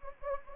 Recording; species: mosquito wingbeat signal from an infrared sensor; Anopheles gambiae